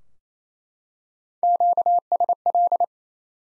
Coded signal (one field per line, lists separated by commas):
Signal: Morse code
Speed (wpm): 28 wpm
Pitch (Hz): 700 Hz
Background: none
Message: QSL